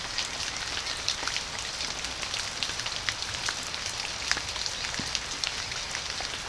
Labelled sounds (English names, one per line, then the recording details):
none
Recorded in pastures near Puerto Asís, Putumayo, Colombia, on 21 March 2025 at 13:00
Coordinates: 0.497, -76.327
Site G072